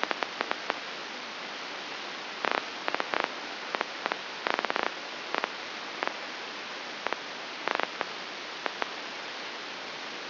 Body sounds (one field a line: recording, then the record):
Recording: brain microelectrode recording played as sound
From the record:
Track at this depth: outside the subthalamic nucleus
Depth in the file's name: 7.66 mm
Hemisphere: left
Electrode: 2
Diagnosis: Parkinson's disease